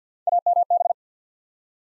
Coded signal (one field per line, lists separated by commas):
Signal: Morse code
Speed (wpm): 50 wpm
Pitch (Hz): 700 Hz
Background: none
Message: AMB